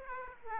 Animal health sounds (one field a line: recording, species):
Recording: mosquito wingbeat signal from an infrared sensor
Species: Aedes aegypti